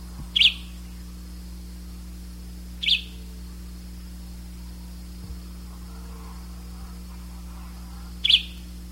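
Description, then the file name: Bird calls: three brief, sharp high chirps spaced a few seconds apart, over a steady low hum. "SABIOD"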